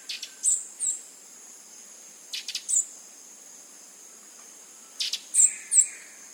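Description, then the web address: Fulvous-crested tanager calling with thin, high, clipped chips in several loose groups separated by pauses, above a constant high insect hum. Eastern lowlands of South America. "Natures Songs S America Eastern Lowlands. Fulvous-crested Tanager"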